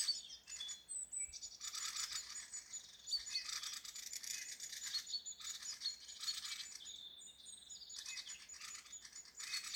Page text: Mistle Thrush, Turdus viscivorus Observation time 19-Apr-2025 plkst. 12:15 Administratīvā teritorija Līvānu novads Status Agitated behaviour or anxiety calls from adults